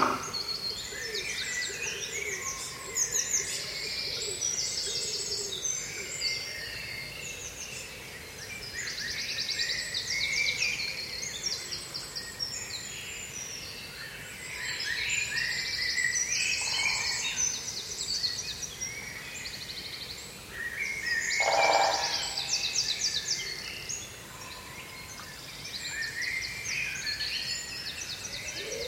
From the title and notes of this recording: British Woodland On Spring Morning. I recently discovered a pocket of quiet while hiking in my local patch in Surrey. It's a wooded valley nestled between two hills with a small brook at the bottom.